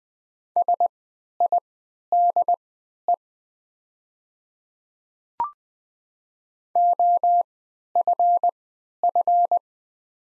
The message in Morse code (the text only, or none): SIDE OFF